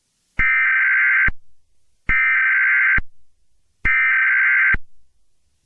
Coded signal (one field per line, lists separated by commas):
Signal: Emergency Alert System (SAME) tones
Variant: header bursts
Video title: EAS Recreation; 6/23/10, alsip? i thought he said "oh shit"